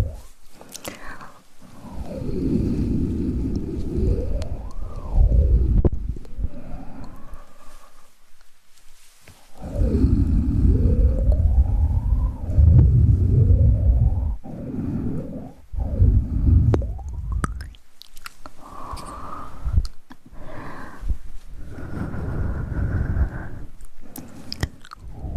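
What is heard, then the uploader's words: Mouth sounds: low, wet, gurgling noises that slide up and down in pitch like moans or whale-like sweeps, in long stretches from the start to about 9 seconds and again from 10 to 17. Later, shorter clicks, pops and brief higher tones follow, with gaps of near silence between. Mouth sounds.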